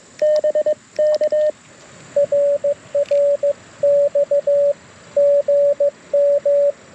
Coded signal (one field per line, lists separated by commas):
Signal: Morse code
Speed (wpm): 19 wpm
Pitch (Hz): 590 Hz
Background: radio noise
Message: BK RRX GM